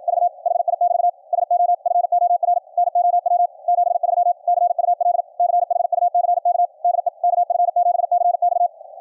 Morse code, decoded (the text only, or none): V HI<BT> SO FOR NOW 73 CUL CHUCK DE KF7CX